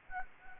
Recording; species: mosquito wingbeat signal from an infrared sensor; Anopheles gambiae